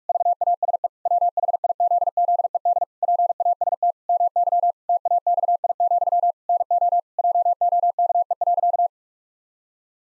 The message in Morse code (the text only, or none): VASE WHIZZED PAST MY TAXI, NO JOKE.